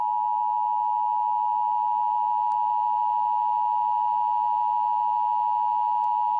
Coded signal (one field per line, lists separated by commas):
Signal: Emergency Alert System (SAME) tones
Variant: 853 and 960 Hz attention tone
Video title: EAS: Flash Flood Emergencies in Houston, TX